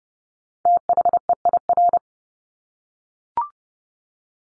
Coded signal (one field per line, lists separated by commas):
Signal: Morse code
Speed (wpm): 29 wpm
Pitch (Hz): 700 Hz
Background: none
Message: THEIR